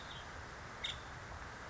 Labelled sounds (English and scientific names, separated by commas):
Nuttall's Woodpecker (Dryobates nuttallii)